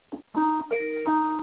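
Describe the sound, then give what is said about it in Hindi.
A Skype call's outgoing ringback tone, with no internet connection, plays as a melodic electronic chime, steady tonal notes shifting in pitch across two or three short phrases, with no voices over it. “घंटी जा रही है पर मुझे इंटरनेट कनेक्शन है ही नहीं।”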